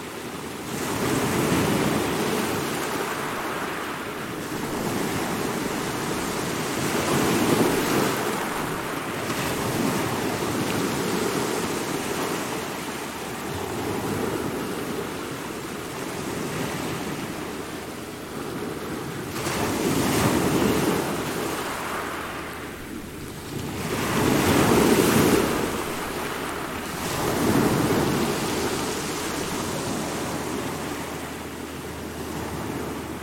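Ocean waves break against the shore in a steady, dense wash of surf, swelling and easing in slow cycles. Louder crashes come around 7, 20, 25 and 28 seconds, each trailing off into hiss. A low wind rumble runs underneath throughout.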